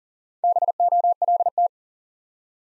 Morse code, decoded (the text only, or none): BOLT